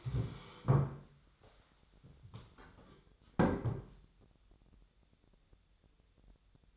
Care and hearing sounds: daily activity, microphone in the room; stand up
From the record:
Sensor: 3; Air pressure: 1015.2 hPa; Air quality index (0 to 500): 175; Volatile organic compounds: 15 ppm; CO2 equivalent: 2511 ppm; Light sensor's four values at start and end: 14/35/14/15 and 14/37/15/16

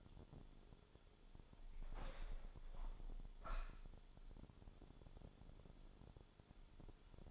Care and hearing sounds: daily activity, microphone in the room; open window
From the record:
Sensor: 5

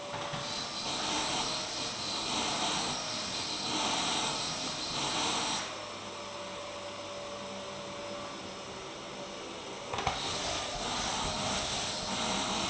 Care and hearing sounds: daily activity, microphone in the room; vacuum cleaning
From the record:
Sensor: 3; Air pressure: 999.2 hPa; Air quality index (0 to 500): 203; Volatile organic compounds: 50 ppm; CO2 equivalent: 3301 ppm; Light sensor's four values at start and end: 7/17/7/6 and 7/17/7/6

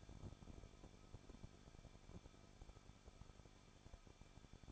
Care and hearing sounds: daily activity, microphone in the room; no activity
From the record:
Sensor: 5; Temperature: 20.8 degrees Celsius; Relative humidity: 38.6%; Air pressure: 1006.5 hPa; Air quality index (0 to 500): 192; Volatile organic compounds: 21 ppm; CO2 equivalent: 2714 ppm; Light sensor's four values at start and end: 2/3/1/1 and 2/3/1/1

